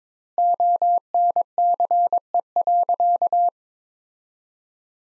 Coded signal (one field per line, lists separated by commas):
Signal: Morse code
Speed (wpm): 22 wpm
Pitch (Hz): 700 Hz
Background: none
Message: ONCE.